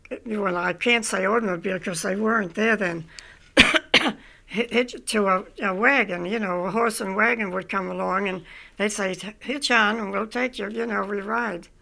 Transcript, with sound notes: --well, I can't say automobile because they weren't there then -- (she coughs) hitch it to a wagon, you know, a horse and wagon would come along and they say "Hitch on, and we'll take you," you know, we ride.